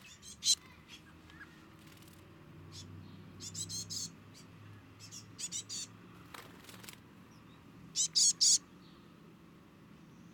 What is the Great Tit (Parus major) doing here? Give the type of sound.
call